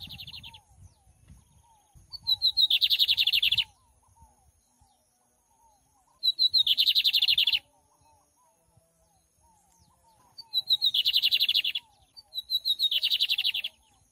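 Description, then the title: Lined seedeater singing rapid chattering trills, four phrases, each a dense run of high notes. Tutor song in the gavião negro style for teaching birds to sing, recorded live with a waterfall. "Bigode Gavião Negro Professor De Canto Cantando Ao Vivo Com Cascata"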